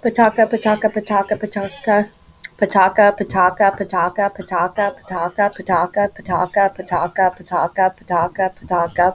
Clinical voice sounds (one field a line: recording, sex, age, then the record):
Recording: repeated syllables /pa ta ka/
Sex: female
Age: 30 to 39 years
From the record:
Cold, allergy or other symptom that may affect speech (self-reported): no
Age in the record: 34 years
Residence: Florida, United States